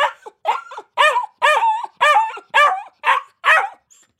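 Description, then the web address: Akita puppy barking in short, high yapping bursts, about two per second, each with a slight rising-falling arch, ending in quiet. Akita puppy barking in a cage kennel. "Blastwave ANIMALS Dog Akita Puppy"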